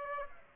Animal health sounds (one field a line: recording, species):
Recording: mosquito wingbeat signal from an infrared sensor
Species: Aedes aegypti